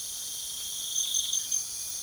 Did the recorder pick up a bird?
no